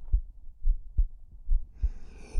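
A slow, calm, normal adult heartbeat with low, soft thumps; the heart sounds very relaxed.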